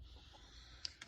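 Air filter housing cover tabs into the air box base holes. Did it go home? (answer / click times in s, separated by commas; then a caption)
yes / 0.9 s. The plastic air filter housing cover on a 2009 to 2014 Ford F-150 is held at an angle, its tabs lined up with the holes in the air box base, and pushed in. A sharp click is heard at 0.9 s over low background hum, with a second, weaker snap at 1.0 s. The cover tabs click in and the cover is seated.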